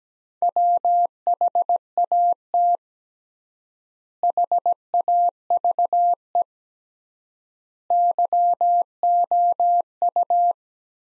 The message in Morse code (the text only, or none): WHAT HAVE YOU